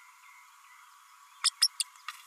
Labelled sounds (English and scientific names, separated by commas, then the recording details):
Green-rumped Parrotlet (Forpus passerinus) babbling
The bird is a female
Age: 32 days
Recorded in a nest box in Venezuela
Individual 17B32A5